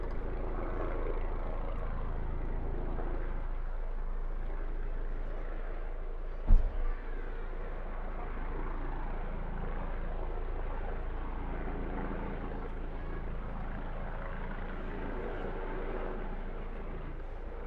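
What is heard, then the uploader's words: A police helicopter circles overhead, its deep rotor drone holding steady and fairly loud, with a rumbling low end and a muffled, washing mid-range. Around six seconds a sharp knock or click cuts in briefly, then the steady drone continues. Police Helicopter Circling Overhead. Field recording of a police helicopter circling over our neighbourhood. Gear: Sony PCM-M10 built-in mics.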